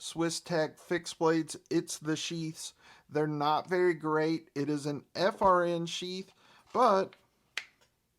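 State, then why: Seated. A Swiss Tech Halten fixed blade knife with a DLC finish is pushed into its FRN (nylon) retention sheath while someone talks. It snaps home with a sharp audible click at 7.6 seconds, seating firmly in the sheath.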